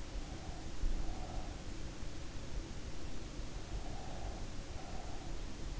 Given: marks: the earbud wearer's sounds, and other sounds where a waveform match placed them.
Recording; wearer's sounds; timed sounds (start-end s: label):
sounds in sleep by an in-ear microphone; breath
0.35-1.76 s: breath
3.68-5.53 s: breath